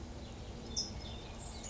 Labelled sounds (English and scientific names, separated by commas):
California Towhee (Melozone crissalis)